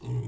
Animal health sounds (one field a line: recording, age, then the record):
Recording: pig call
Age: weaner (32 to 43 days)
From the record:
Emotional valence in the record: negative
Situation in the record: long isolation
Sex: female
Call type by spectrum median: low-frequency call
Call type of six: low-frequency stable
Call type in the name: low-frequency stable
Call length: 0.28 s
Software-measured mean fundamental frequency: 60 Hz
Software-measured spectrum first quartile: 121 Hz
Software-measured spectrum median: 167 Hz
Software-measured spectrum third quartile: 557 Hz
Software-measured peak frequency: 120 Hz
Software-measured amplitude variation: 115 dB a second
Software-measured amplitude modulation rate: 10.8 a second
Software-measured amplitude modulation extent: 10.6 dB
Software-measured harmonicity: 17.5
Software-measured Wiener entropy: -0.86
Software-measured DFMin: 679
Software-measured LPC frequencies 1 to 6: 857, 2117, 2787, 3690, 4494, 5466 Hz